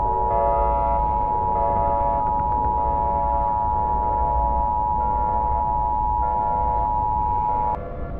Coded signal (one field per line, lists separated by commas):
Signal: Emergency Alert System (SAME) tones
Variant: 853 and 960 Hz attention tone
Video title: Emergency Alert System Scenario #10: "The 7 Hour War"